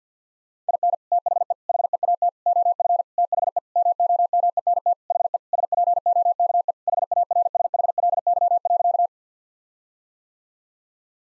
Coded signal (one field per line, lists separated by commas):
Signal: Morse code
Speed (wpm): 50 wpm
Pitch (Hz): 700 Hz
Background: none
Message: IN THE HEAT OF THE MOMENT HE SPOKE HARSHLY.